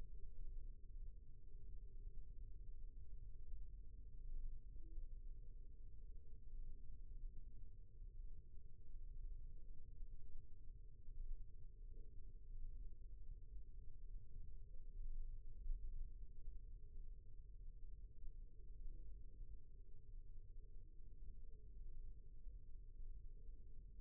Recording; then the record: forearm muscle sounds (acoustic myography)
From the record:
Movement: rest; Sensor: system 1, eight BSWA MPA416 microphones around the upper forearm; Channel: 3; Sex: male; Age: 20 years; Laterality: left